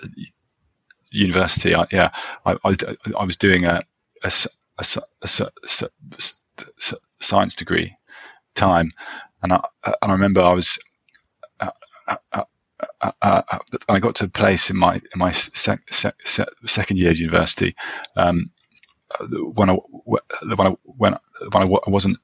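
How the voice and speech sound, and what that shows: Adult male speaker who stammers, talking about his university years. His speech has repeated sounds and part-words ("s… s… science", "se… se… second"), whole-word repetitions ("when I… when I"), drawn-out sounds, and silent blocks with long pauses.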